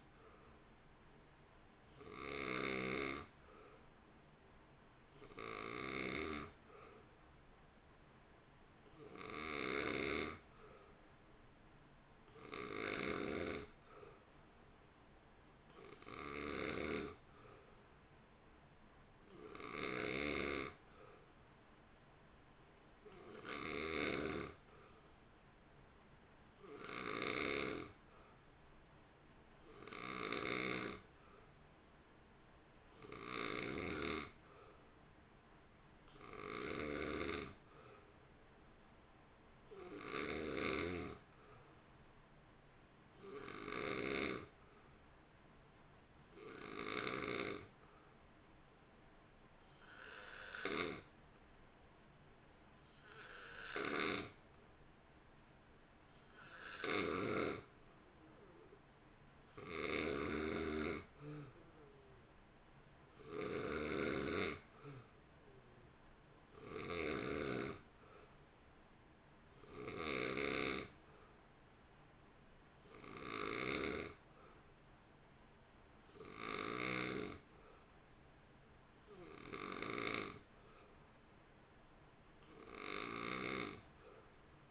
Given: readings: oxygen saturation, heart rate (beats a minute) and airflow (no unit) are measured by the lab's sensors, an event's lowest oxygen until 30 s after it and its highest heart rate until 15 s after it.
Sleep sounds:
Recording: breathing in sleep by a voice recorder at the bedside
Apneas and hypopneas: 1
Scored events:
28.00-57.10 s: hypopnea (N2, oxygen 91% highest, then 86% lowest, heart rate 56 at the start, 58 highest)
From the record:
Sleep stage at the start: N2 (light sleep)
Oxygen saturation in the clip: 86 to 91%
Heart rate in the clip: 54 to 58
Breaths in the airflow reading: 29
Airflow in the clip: -1.6 to 1.1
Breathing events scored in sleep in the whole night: 328 in 6.3 hours asleep

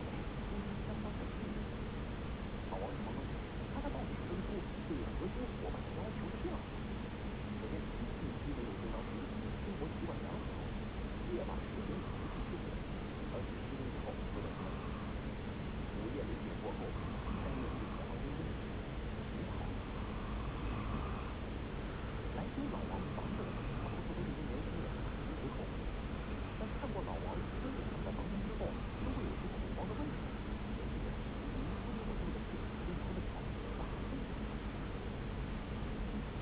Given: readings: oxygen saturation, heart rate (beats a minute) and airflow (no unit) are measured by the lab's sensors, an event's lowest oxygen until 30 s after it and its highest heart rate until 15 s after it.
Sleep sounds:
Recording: breathing in sleep by a voice recorder at the bedside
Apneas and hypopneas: none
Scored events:
none scored
From the record:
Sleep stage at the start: N2 (light sleep)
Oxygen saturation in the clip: 93 to 95%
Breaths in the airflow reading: 12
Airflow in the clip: -0.6 to 0.8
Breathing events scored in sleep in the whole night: 335 in 6.7 hours asleep

